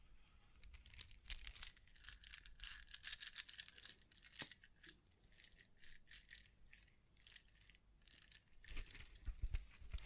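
Crinkling and brushing sounds come in dense, papery bursts, busiest from about one to four seconds, then break into shorter separate strokes. A sharp tap lands near four and a half seconds. A low rumble sits underneath, swelling toward the end.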